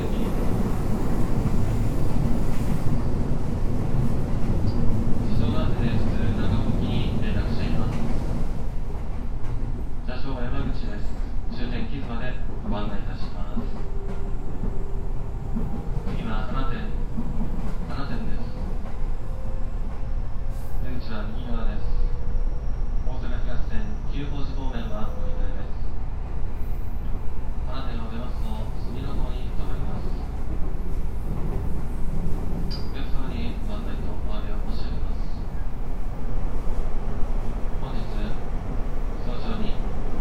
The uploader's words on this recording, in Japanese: JR西日本 207系電車 学研都市線快速 京橋から木津まで。西日本旅客鉄道207系電車の走行音です。学研都市線の快速列車で録音しました。